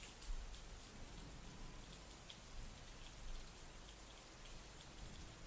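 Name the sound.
heavy rain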